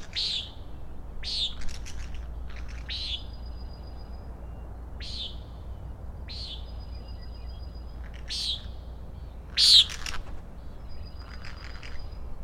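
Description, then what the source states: Common nighthawks giving repeated short buzzy peents, interspersed with bursts of dry rattling clicks, over a low constant hum. Three birds peenting and rattling, flying very closely as if in formation or chasing in territory, Schoodic Head overlook, Acadia National Park, Winter Harbor, Maine, June 16, 2017, 3:56 am, 46 degrees, partly cloudy; Fostex FR2 with ME 62 omni mic.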